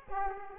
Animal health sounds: mosquito wingbeat signal from an infrared sensor; Aedes aegypti

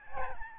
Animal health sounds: mosquito wingbeat signal from an infrared sensor; Aedes albopictus

